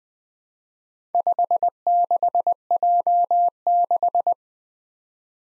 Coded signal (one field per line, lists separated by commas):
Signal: Morse code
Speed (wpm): 20 wpm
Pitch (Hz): 700 Hz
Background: none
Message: 56J6